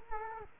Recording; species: mosquito wingbeat signal from an infrared sensor; Culex quinquefasciatus